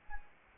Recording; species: mosquito wingbeat signal from an infrared sensor; Anopheles arabiensis